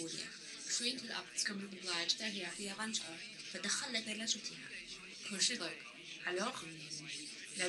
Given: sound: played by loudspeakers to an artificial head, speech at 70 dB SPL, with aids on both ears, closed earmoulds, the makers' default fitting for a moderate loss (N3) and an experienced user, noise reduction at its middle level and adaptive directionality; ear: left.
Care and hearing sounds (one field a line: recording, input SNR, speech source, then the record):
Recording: speech test signal (ISTS) in cocktail-party noise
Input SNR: +9 dB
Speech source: on the right (90 degrees)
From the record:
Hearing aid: class 1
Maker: H